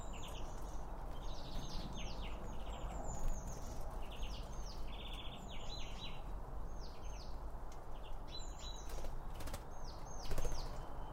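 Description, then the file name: Birds chirping, many short downward-sweeping high notes in quick clusters throughout, over a steady low rumble of background noise. Birds around a bird feeder, recorded with two Line Audio OM1 microphones. "Birds Around Birdfeeding With Two Om 1 From Line Audio"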